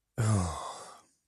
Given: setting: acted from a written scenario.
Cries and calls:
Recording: vocal sound without words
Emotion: contempt

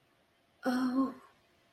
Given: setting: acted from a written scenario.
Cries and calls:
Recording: vocal sound without words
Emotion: romantic love

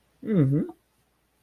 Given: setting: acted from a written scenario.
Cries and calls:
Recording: vocal sound without words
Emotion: contentment

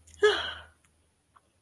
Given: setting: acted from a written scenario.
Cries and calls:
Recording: vocal sound without words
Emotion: elation

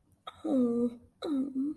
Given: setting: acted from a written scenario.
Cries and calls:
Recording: vocal sound without words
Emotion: sympathy

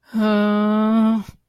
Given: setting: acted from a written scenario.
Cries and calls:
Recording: vocal sound without words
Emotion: distress

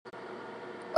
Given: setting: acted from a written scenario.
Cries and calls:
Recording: vocal sound without words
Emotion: distress

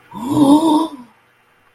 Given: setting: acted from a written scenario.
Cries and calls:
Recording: vocal sound without words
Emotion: awe

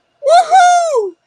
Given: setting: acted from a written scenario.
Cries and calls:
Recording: vocal sound without words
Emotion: triumph

